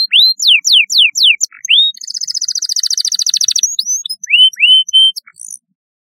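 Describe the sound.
Canary song: clear falling whistled notes, a fast buzzy trill, then rising upslurred whistles and a short high flourish, all high-pitched.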